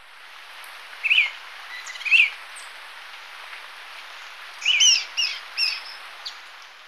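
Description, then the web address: Dusky-capped flycatcher uttering a few short slurred whistles, two spaced notes followed by a quicker cluster of three, with soft background hiss. Recorded in Ecuador, South America. "Natures Songs S America Birds of Ecuador Dusky-capped Flycatcher"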